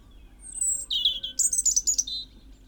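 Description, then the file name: European robin song phrase of very high thin notes dropping into lower whistles, then a rapid jingling twitter ending on a short whistle. "Erithacus rubecula"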